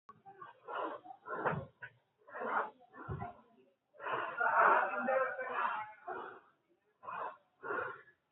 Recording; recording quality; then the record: shallow breathing; poor, much background noise or distortion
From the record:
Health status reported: healthy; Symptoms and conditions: none ticked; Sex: male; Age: 25 years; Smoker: not ticked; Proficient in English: yes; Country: India